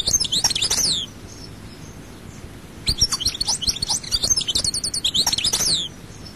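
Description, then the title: European goldfinch song: a short phrase of fast, high, jingling twitters, a pause of about two seconds, then a longer tinkling run. "Chant Chardonneret"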